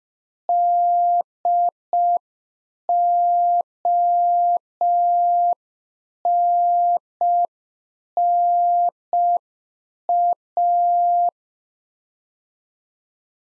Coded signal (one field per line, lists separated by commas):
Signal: Morse code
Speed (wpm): 5 wpm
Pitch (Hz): 700 Hz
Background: none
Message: DONNA